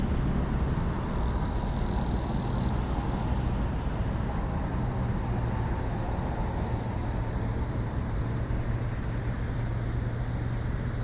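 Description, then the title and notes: Kayakiri katydid song: an unbroken high, hissing buzz that holds steady throughout, with low traffic rumble underneath. Continuous calling from a reed bed between a car park and Route 116, Kariwa, Niigata, Japan, 5 August 2020, recorded with Zoom H6 and Sennheiser MKH8020. "新潟県刈羽村 国道116号を走行中、カヤキリの鳴き声"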